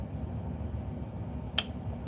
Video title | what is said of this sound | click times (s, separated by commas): Speed Testing NEW STRING on Scorpyd LIVE! | hear that snap that was the arrow snapping in place the lock snap the knock snapping in place | 1.6 s